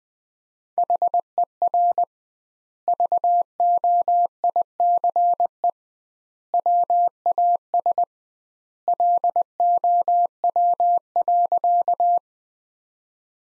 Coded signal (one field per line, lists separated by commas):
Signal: Morse code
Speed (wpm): 21 wpm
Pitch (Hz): 700 Hz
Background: none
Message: HER VOICE WAS LOW.